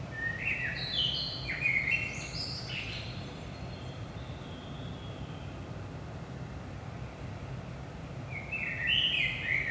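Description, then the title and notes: Common blackbird song phrase of rich whistled notes climbing into a squeaky twitter, then a long quiet gap before another fluting phrase begins, low hum throughout. Early morning, 5 am, in Saint-Gilles, Belgium; recorded with DPA 4060 microphones in AB position into a Zoom F3. "Saint-Gilles, Belgique - 5am Blackbird. Blackbird in the morning. Merle au petit matin"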